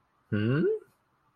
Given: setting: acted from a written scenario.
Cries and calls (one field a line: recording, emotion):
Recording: vocal sound without words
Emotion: confusion